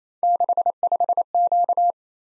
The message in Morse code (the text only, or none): 65Q